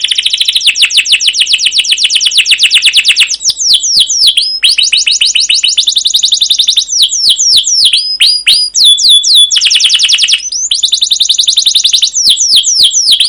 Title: CUIT CUIT NGEROL LANGSUNG GACOR PANJANG Kenari Utk Pancingan KENAR. Masteran Suara Burung Kenari Gacor Panjang cuit cuit Ngerol untuk Pancingan Kenari!